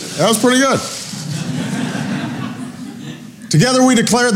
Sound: laughter